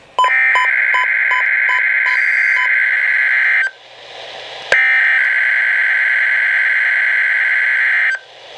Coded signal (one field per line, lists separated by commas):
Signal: Emergency Alert System (SAME) tones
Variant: header bursts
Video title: KWO35 Required Weekly Test - June 24, 2015 - (EAS #1,442)